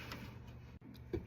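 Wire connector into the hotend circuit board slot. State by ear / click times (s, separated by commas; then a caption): seated / 0.1 s. A black wire's plastic connector is pushed into its slot on the hotend circuit board of a Bambu X1 Carbon 3D printer during a hotend replacement to fix a clogged nozzle. A short sharp click at 0.1 s marks the connector snapping in and seating. A soft tick follows near 1.0 s, with a steady low hum underneath.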